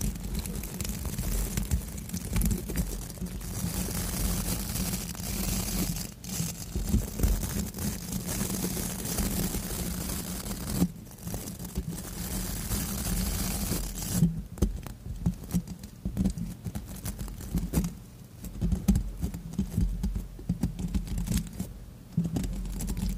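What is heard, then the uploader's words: A microphone is brushed and scratched close up, giving a dense, rustling scrape that runs almost without pause. A steady low rumble sits underneath throughout. After about fourteen seconds the scratching turns choppier, breaking into quicker separate strokes with short gaps between them. Mic Brushing, Scratching.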